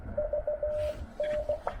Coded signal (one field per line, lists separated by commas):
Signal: Morse code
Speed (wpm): 17 wpm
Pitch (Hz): 590 Hz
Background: radio noise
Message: VN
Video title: Yaesu FT-891 POTA: Breaking in my new-to-me transceiver during a chilly activation!